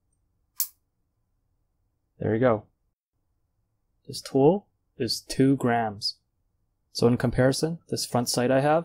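A printed front sight adjustment tool turns the front sight post of an AR15 A2 rifle the other way while the detent pin is held down, and the detent pin clicks back into a notch in the sight post with a short sharp click at 0.6 s. After a pause, someone talks in several bursts. The sight post is confirmed seated in its notch.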